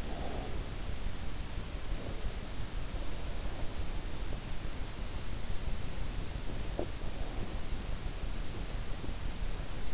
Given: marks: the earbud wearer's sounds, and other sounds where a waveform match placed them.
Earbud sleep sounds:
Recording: sounds in sleep by an in-ear microphone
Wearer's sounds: breath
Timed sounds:
0.00-0.88 s: breath

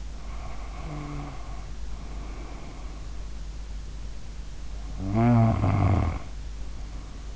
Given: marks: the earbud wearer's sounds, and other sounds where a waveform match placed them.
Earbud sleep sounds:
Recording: sounds in sleep by an in-ear microphone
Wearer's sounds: snoring breath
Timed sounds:
0.16-3.32 s: snoring breath
4.84-7.36 s: snoring breath

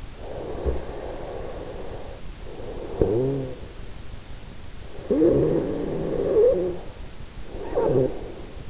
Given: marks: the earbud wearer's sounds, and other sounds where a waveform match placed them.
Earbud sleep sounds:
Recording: sounds in sleep by an in-ear microphone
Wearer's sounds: snoring breath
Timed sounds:
0.41-3.70 s: snoring breath
4.70-8.70 s: snoring breath

